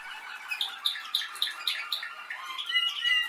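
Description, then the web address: Canary song, a series of sharp chirping notes repeated about three times a second, ending in a faster warbled trill. "Canari Seda Canari"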